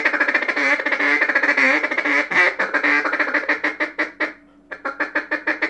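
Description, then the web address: Mallard quacking and chattering in rapid, overlapping nasal calls, dense at first, then thinning into separate repeated quacks after a brief pause. Mallard calls given while feeding. "Duck -Mallard. Feeding"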